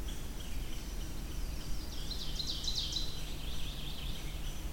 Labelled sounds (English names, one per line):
Ovenbird song